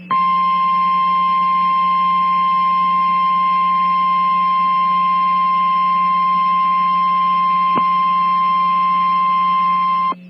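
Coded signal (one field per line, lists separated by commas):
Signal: Emergency Alert System (SAME) tones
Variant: 1050 Hz attention tone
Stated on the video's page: Real severe thunderstorm warning alert heard via a stream.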